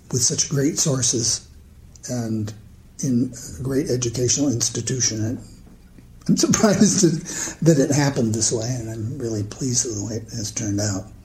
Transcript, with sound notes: with such great sources and in a great educational institution. I'm surprised (laughing) that it happened this way and I am very pleased of the way it has turned out.